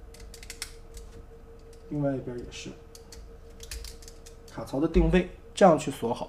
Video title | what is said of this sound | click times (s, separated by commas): 手把手保姆级变形指示，变形金刚FT2 0感知器 | 然后打开这块黑色的零件，我们刚才翻好了以后，锁定到腋下这2个卡扣上， | 0.6 s